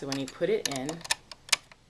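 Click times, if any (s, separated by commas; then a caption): none. A metal bobbin case is being pushed into a sewing machine's bobbin area, its upright finger lined up with the notch, while someone talks. After the speech, a few short, light ticks of handling come at about 1.3, 1.5 and 1.7 seconds. Nothing has seated or clicked into place yet.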